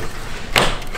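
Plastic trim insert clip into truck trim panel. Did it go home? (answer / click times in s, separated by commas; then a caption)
yes / 0.6 s. A retaining clip on the painted upper trim insert of a 2022 F250 Platinum is pushed home into the truck's trim panel. A single sharp snap is heard at 0.6 s against a quiet background. The plastic clip seats, so no heat-gun fix is needed.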